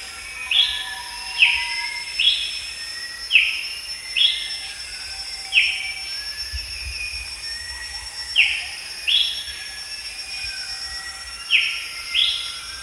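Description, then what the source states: Moustached babbler calling: clear whistles repeated at irregular intervals, with constant buzzing insects behind. Recorded at Danum on 1 January 2008.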